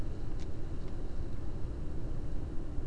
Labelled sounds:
none
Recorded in Germany
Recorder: ecoPi

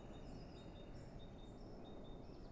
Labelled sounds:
Great Tit (Parus major)
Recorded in Germany
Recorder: ecoPi

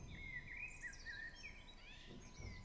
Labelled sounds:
Common Blackbird (Turdus merula)
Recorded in Germany
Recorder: ecoPi

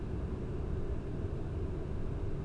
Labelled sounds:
none
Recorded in Germany
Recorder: ecoPi

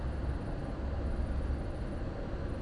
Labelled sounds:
none
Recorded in Germany
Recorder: ecoPi

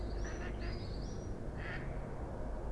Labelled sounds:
Mallard (Anas platyrhynchos)
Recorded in Germany
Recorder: ecoPi

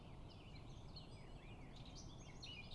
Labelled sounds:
Eurasian Blackcap (Sylvia atricapilla)
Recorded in Germany
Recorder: ecoPi

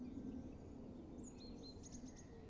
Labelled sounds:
Great Tit (Parus major)
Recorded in Germany
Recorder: ecoPi

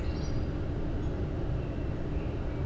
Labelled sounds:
Common Blackbird (Turdus merula)
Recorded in Germany
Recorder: ecoPi

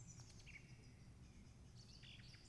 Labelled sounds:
Song Thrush (Turdus philomelos)
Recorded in Germany
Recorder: ecoPi

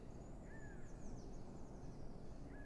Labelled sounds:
Eurasian Blue Tit (Cyanistes caeruleus)
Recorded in Germany
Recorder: ecoPi

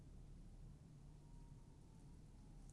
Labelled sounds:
Tawny Owl (Strix aluco)
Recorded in Germany
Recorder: ecoPi

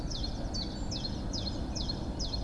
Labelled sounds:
Common Chiffchaff (Phylloscopus collybita)
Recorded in Germany
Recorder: ecoPi

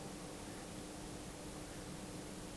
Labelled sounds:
Mallard (Anas platyrhynchos)
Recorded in Germany
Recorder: ecoPi

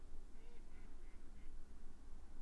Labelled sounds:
Mallard (Anas platyrhynchos)
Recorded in Germany
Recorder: ecoPi

